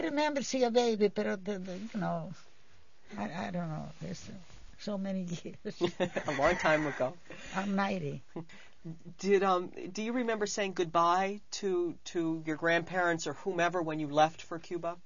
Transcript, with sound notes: I remember seeing a baby, pero, you know, I don't know. So many years. ( she laughs )
A long time ago.
I'm ninety.
Did, do you remember saying goodbye to your grandparents or whomever when you left for Cuba?